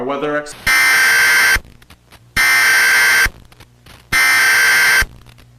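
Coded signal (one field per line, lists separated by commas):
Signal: Emergency Alert System (SAME) tones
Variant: header bursts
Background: speech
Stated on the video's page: Fictional EAS scenario, remastered.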